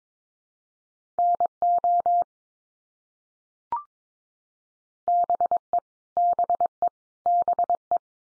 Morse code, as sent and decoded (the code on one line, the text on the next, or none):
-. --- / -... . / -... . / -... .
NO BE BE BE